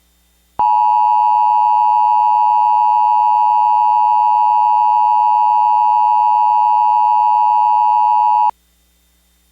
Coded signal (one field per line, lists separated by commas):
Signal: Emergency Alert System (SAME) tones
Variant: 853 and 960 Hz attention tone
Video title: (VALID TONES) EAS Mock - Wheeling, WV WTF Relay (aka yet another EMNet Mock) (10/21/2021)